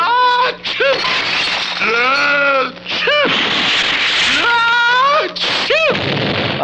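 An adult sneezing: drawn-out voiced 'ah' intakes with pitch sliding up build to forceful, hissing bursts of air, repeated about twice, each with a strong vocal wind-up before the explosive release.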